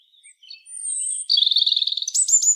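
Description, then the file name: European robin song: thin sustained high whistles, then a rapid trilled run and a few sharp descending notes at the close. "Erithacus rubecula"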